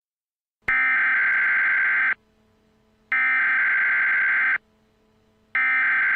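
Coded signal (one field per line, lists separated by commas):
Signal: Emergency Alert System (SAME) tones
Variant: header bursts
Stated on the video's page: Simulated EAS using real tones, with a synthesized text-to-speech voice, recreating events from a television series finale.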